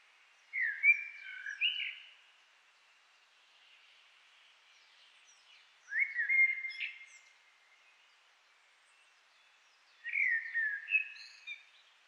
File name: Turdus merula